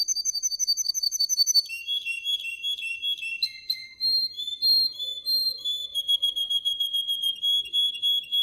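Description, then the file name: Canary song of rapid rolling whistled trills, several tours changing pitch one after another, with short low notes in places. Russian canary. "suara kenari rusia"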